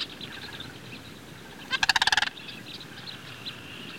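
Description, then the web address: Sandhill crane uttering a single brief, rolling rattle of rapid pulses midway, over a steady background of high twittering and chirping small birds. Blackbirds and swallows calling in the background. "sandhill crane calls black birds and swallow in bg"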